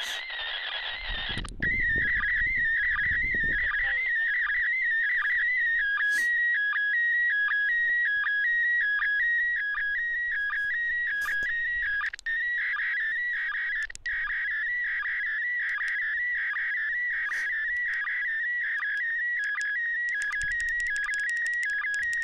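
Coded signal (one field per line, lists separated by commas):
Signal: SSTV (slow-scan television)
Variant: PD180 mode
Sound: warbling tone stepping between two pitches, with brief low blips roughly every 0.75 seconds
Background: brief noisy burst at start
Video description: An example of SSTV (slow-scan television) transmission being received on a ham radio, 2m band (145,800mhz). The signal has to be decoded with a software on a PC - used MMSSTV (coding PD180).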